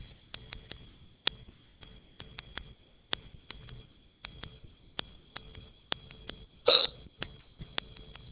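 Frequent sharp, brief throat clicks from an adult, some in quick pairs, with faint breathing between: repeated hiccups.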